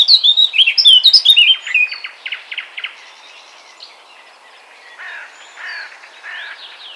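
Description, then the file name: Eurasian blackcap gives a loud, clear fluting phrase of bright whistles. A quieter chattering follows, then faint, warbling fills the rest. "Sylvia atricapilla"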